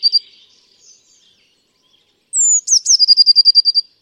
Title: Eurasian Blue Tit (Cyanistes caeruleus)